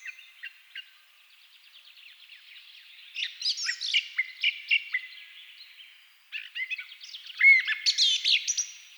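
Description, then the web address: Thrush singing a long, varied run of chirps, trills and high whistles that builds toward a bright ringing phrase near the end, over quieter background birdsong. Several thrushes singing at twilight; track from a Hungarian nature-sounds collection (Agykontroll CD 3). "agykontroll CD 3-A természet hangjai - Rigók szürkületkor"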